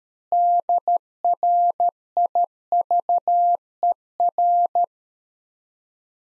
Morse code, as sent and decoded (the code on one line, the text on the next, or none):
-.. .-. .. ...- . .-.
DRIVER